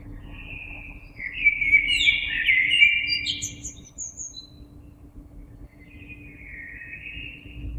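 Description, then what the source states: Common blackbird song: a loud, liquid warbled phrase with a brief high twitter, a pause, then a softer fluted phrase. Recorded on 26 April 2022.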